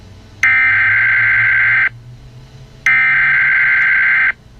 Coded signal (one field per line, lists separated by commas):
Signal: Emergency Alert System (SAME) tones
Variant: header bursts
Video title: EAS Scenario. The Martian Mystery